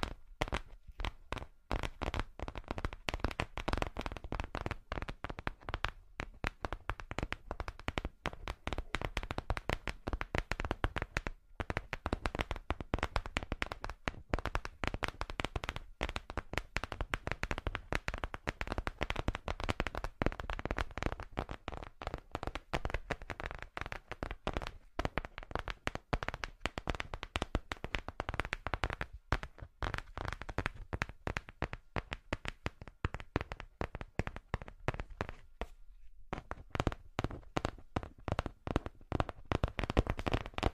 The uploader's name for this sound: Charming Tapping